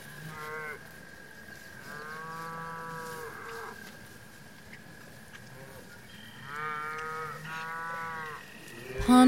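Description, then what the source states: Cows giving moderate moos with pauses between, a steady background hum throughout, a short loud sound at the very end. Cows grazing in pasture.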